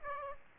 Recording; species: mosquito wingbeat signal from an infrared sensor; Aedes aegypti